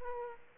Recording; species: mosquito wingbeat signal from an infrared sensor; Aedes aegypti